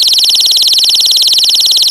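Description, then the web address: Cicada call: loud, high, steady buzzing pulsed in rapid, even beats throughout, with no other sounds. "Zero-G Ambient 1 VCS FX CICADAS"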